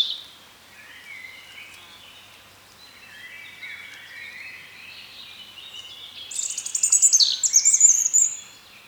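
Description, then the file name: European robin with soft, rambling warbles for several seconds, then a loud, high, rapid twittering phrase near the end. "Erithacus rubecula"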